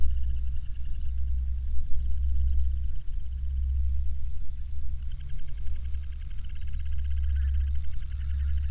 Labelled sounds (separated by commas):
songbird, aircraft, insects